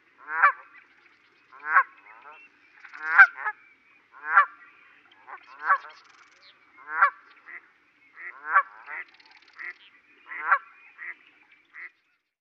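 Goose honking in loud harmonic calls, roughly one every second and a half, with softer shorter honks in between; no other sounds.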